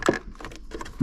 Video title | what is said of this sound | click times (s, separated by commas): GE REFRIGERATOR ICE MAKER REPLACEMENT PVD28BYNBFS | right so that one clicked in | 0.1 s